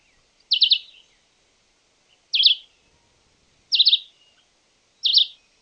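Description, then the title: Red-eyed vireo: four brief, high, stuttering note clusters, each under half a second, spaced roughly every one and a half seconds in a quiet background. Subspecies given as Vireo olivaceus chivi, marked as awaiting confirmation. "LuckyPassaro Completos2Sama. Red-eyed Vireo (Vireo olivaceus chivi (confirmar))"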